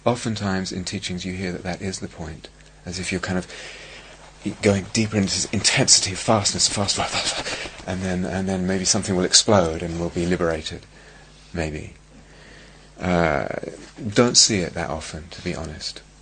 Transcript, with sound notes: Oftentimes in teachings you hear that that is the point, as if you're kind of going deeper in the intensity of fastness, faster, [breathing fast] and then maybe something will explode, and you'll be liberated. Maybe. Don't see it that often, to be honest.